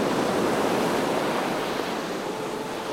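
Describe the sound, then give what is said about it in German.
A continuous, full roar of ocean surf washing onto the shore, broad and hissing, easing slightly in loudness toward the end, with no voices. “Der Ozean ist wie ein Magnet.”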